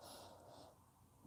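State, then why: Not seated. A DDR4 memory module, first noticed to be backwards, is worked at a motherboard DIMM slot, producing only soft, breathy rustling and faint scraping with a small bump near the end. Nothing has clicked or seated yet; the module has not latched into the slot.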